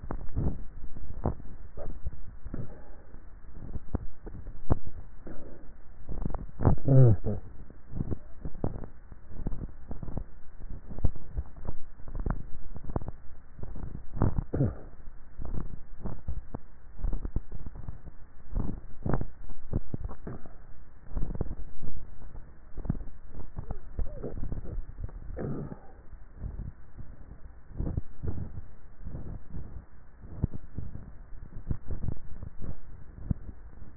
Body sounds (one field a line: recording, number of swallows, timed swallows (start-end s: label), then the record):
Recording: swallowing sounds by neck microphone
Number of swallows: 6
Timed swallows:
1.72-2.82 s: swallow
4.75-5.42 s: swallow
11.05-11.85 s: swallow
19.75-20.45 s: swallow
24.78-25.55 s: swallow
32.05-32.92 s: swallow
From the record:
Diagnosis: dysphagia